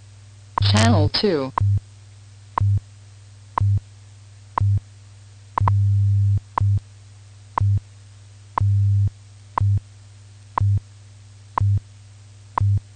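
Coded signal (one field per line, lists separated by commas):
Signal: radio time signal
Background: speech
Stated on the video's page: WWV text-to-speech announcement with an operational error, restricted 5 kHz audio bandwidth and transmitter clipping, received in Colorado.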